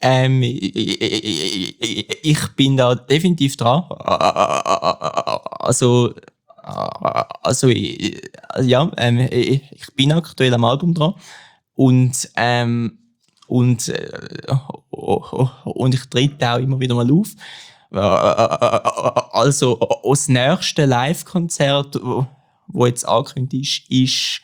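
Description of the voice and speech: Man speaking German with repeated 'und', drawn-out fillers and long blocked pauses: stuttering.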